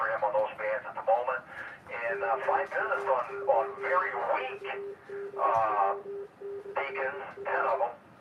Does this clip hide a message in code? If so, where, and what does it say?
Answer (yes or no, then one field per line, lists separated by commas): yes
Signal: Morse code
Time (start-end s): 2.1-7.8 s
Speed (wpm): 20 wpm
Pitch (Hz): 400 Hz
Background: speech, radio noise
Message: KA8VDW/R